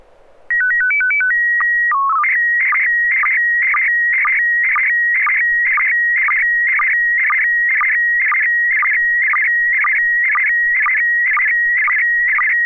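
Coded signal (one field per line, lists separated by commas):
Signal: SSTV (slow-scan television)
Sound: short stepped beeps, a low tone, then steady tone with rhythmic warbling chirps twice a second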